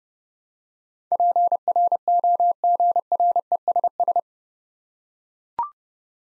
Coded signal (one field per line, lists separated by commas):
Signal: Morse code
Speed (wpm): 29 wpm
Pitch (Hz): 700 Hz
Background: none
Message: PROGRESS